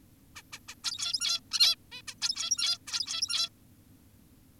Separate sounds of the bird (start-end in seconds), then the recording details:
0.36-0.42, 0.53-0.59, 0.68-0.75, 0.84-1.40, 1.52-1.76, 1.92-2.02, 2.08-2.14, 2.22-2.78, 2.87-3.49. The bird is an adult. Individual g17y2U